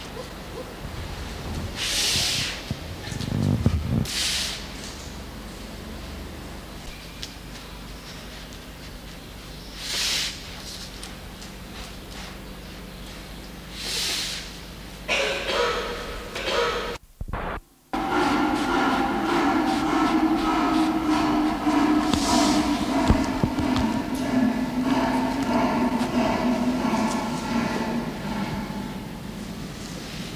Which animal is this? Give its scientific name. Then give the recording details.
Arctictis binturong. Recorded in captivity. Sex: pair. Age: adult. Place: Zoo Halle, Sachsen-Anhalt, DE. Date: 1989-04-08 10:28. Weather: sunny, 18°C. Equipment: Sony WM-D6C, Kopie 19 cm. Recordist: Tembrock, Günter